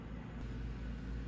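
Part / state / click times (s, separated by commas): small metal parts pressed down into a VANOS (variable valve timing) unit housing / not seated / none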